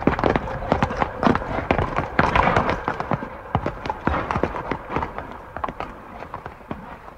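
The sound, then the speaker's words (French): Horse hooves clip-clop in a rapid, uneven stream of sharp, hard clacks that run steadily for several seconds, easing slightly in loudness toward the end, with no voices. “Sabot! Sabot! Encore!”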